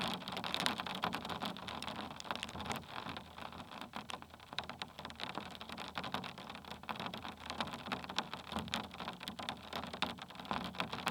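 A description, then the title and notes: Raindrops patter steadily on a plastic surface, a dense, even rush of tiny taps that never pauses. Sharper, brighter drops stand out every fraction of a second across the whole clip, and a faint low rumble sits underneath throughout. Raindrops over a plastic surface. Recorded with contact microphones.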